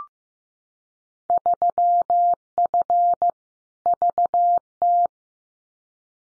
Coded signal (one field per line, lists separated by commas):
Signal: Morse code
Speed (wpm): 15 wpm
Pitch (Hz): 700 Hz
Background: none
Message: 3F VT